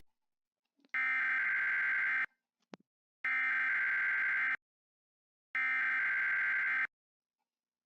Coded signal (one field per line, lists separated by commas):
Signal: Emergency Alert System (SAME) tones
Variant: header bursts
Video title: EAS Scenario #1 - East Coast Earthquake Pt 1